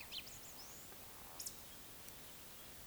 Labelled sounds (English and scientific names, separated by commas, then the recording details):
Eurasian Woodcock (Scolopax rusticola) whistle, Eurasian Woodcock (Scolopax rusticola) croak
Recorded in Baden-Württemberg, Germany, on 20 May 2021 at 19:34 UTC
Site 24606, 635 m above sea level